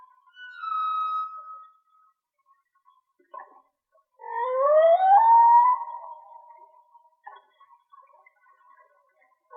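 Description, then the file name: Whale song: a short high tone, a pause with faint clicks, then a looping rising whoop that levels into a steady moan. Mono recording. "Whale Song-colin"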